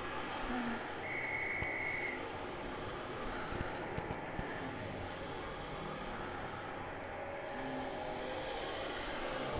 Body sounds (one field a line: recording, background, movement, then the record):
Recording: deep breathing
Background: traffic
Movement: sitting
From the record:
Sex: female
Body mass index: 18.8 kg/m2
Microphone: on the chest, facing outward